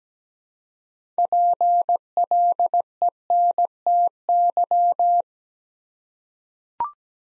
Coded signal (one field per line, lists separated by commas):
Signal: Morse code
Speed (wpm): 17 wpm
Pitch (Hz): 700 Hz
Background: none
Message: PLENTY